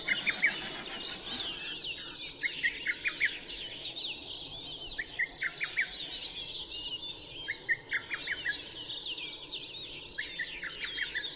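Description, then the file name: Latham's snipe calling in short bursts of a few quick notes, repeated throughout, with a dense chorus of other birds behind. Recorded 12 June 2011 at 03:37. "oojisigi-20110612-0337"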